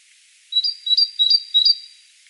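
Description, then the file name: Great tit singing four rapid two-note phrases, each a short lower whistle followed by a sharper higher one, delivered evenly in under two seconds against a quiet background. "Parus major"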